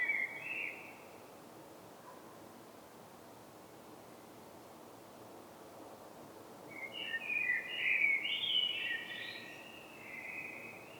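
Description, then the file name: Common blackbird song, a short fluted fragment at the start, then a longer warbled phrase with a twittering end after a quiet gap, over soft hiss. "Turdus merula"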